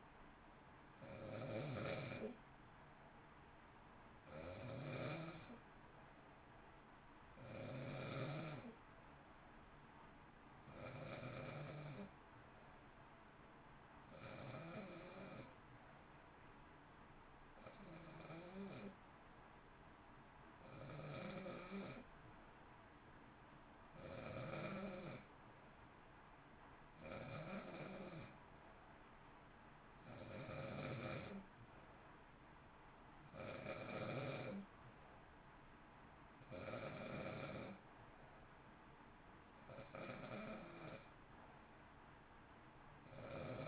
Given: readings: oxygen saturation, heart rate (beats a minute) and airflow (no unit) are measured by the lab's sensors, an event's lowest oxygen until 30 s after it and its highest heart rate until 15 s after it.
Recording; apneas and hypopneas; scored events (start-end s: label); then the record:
breathing in sleep by a voice recorder at the bedside; none
none scored
From the record:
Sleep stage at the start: N2 (light sleep); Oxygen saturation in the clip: 91 to 93%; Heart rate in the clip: 56 to 60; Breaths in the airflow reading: 18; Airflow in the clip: -0.8 to 0.7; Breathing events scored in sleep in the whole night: 328 in 6.3 hours asleep